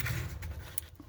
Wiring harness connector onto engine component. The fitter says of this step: click then this one sensor which is sitting right there right there